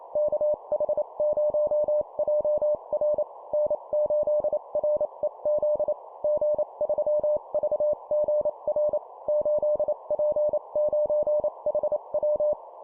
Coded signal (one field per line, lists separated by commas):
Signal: Morse code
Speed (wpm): 28 wpm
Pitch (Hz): 600 Hz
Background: none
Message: KH0JR N8REZ G3VGR 8P9HW